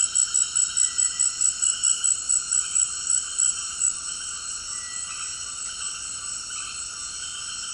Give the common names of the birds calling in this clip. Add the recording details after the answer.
none. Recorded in secondary vegetation near Puerto Asís, Putumayo, Colombia, on 19 February 2024 at 18:30. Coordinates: 0.472, -76.331. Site G6371